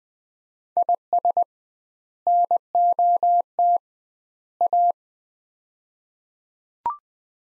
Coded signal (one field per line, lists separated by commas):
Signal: Morse code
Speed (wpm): 20 wpm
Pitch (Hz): 700 Hz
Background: none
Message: IS NOT A